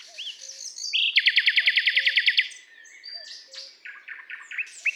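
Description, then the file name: Common nightingale song: varied phrases with a loud, rapid run of repeated sharp notes, then assorted whistles and buzzy notes, with soft low whistles underneath. "Luscinia megarhynchos"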